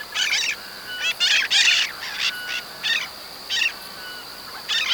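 Bird giving short harsh raspy call notes in irregular bursts, some doubled, over a steady high background tone.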